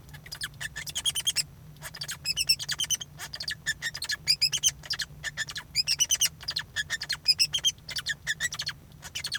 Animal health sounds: song of a male Bengalese finch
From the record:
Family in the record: son of father 2

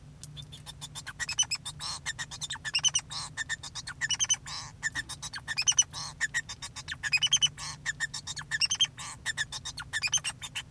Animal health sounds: song of a male Bengalese finch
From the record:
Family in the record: son of father 2

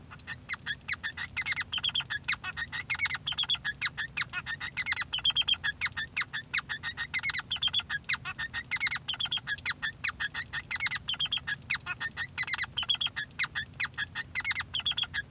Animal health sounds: song of a male Bengalese finch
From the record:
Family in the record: son of father 3

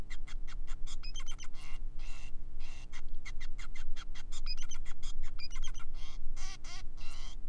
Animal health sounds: song of a male Bengalese finch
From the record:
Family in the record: son of father 5

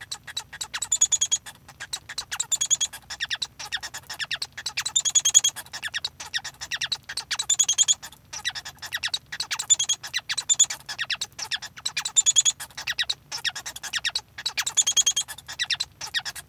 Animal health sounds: song of a male Bengalese finch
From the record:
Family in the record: son of father 1

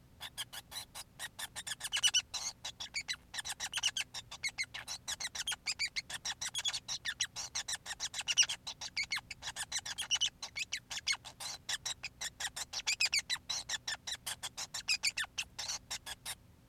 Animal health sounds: song of a male Bengalese finch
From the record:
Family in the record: son of father 5

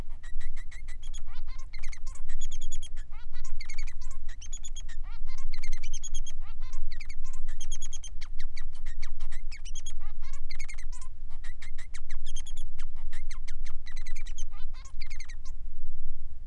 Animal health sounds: song of a male Bengalese finch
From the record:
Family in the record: son of father 3

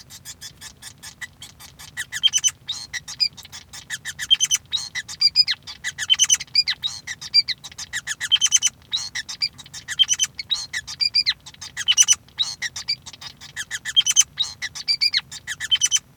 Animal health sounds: song of a male Bengalese finch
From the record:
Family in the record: son of father 5

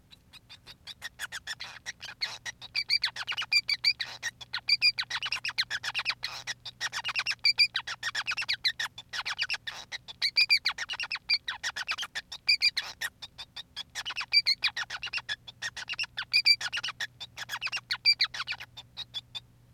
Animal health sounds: song of a male Bengalese finch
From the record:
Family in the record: son of father 5

